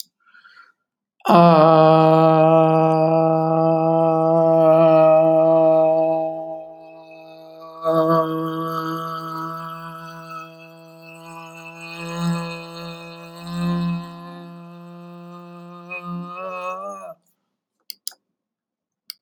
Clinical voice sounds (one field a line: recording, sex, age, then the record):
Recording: vowel held as long as possible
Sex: male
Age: 40 to 49 years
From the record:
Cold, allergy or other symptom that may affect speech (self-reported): no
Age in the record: 41 years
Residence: Virginia, United States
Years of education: 21